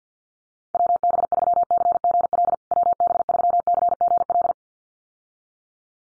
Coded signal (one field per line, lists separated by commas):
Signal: Morse code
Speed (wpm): 50 wpm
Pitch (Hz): 700 Hz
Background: none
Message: WB3CGL WB3CGL